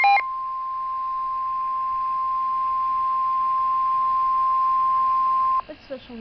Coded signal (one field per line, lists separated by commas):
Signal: Emergency Alert System (SAME) tones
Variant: 1050 Hz attention tone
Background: speech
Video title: EAS #1 for michigan Special Marine Warning